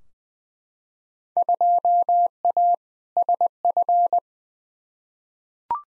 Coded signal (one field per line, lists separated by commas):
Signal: Morse code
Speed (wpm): 20 wpm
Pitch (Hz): 700 Hz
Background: none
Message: 2A SF